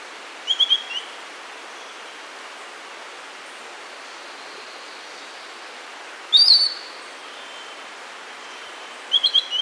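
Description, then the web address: Piratic flycatcher calls: a quick stuttering series of high squeaky notes, a louder slurred call near six seconds, and another short series at the end, over steady hiss. Bolivia. "Birds of the Amazon 3. Piratic Flycatcher (Legatus leucophaius), Bolivia"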